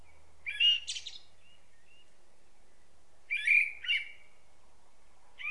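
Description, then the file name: Common blackbird calls: brief bursts of squeaky, harmonic chattering notes separated by pauses, in a quiet setting. "Turdus merula"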